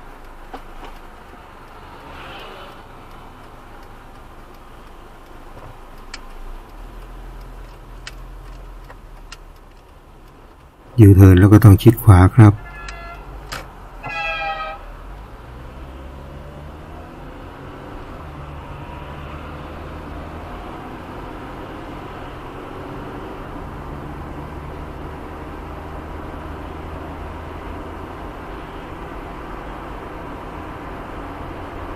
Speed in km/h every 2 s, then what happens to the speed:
0, 0, 0, 0, 9, 8, 10, 12, 21, 33, 39, 44, 50, 54, 57, 59.
0-6 standing. 6-32 pulls away to 59.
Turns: 7-14.